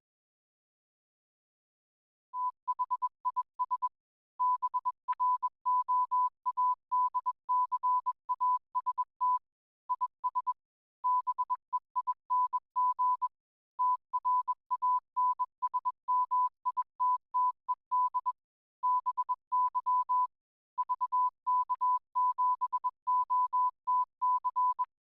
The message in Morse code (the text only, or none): THIS BROADCAST IS BEING TRANSMITTED BY VK7OTC